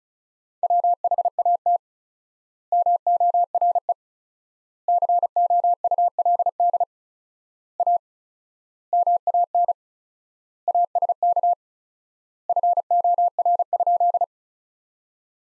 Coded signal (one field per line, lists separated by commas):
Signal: Morse code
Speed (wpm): 34 wpm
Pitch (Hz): 700 Hz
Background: none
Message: WHAT MORE COULD A MAN ASK FOR?